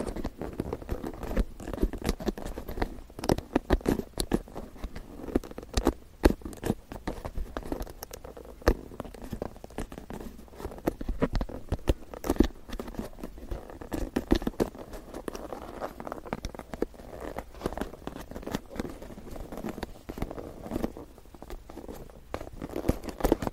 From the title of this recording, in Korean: 나무 빗 소리